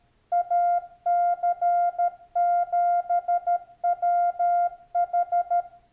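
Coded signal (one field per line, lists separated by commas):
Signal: Morse code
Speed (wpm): 13 wpm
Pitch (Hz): 700 Hz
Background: none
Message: AC7WH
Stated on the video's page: Sent on a Yaesu FTDX10 while adjusting transmit delay time and built-in memory.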